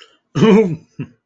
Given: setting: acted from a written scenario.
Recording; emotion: vocal sound without words; embarrassment